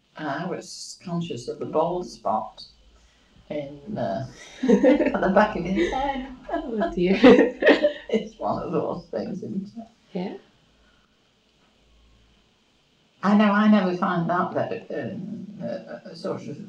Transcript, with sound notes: I was conscious of the bald spot in eh-- [laughs] The back of his head. [laughs]
Oh dear. [laughs]
It's one of those things, isn't it?
Yeah.
I know I never find that sort of,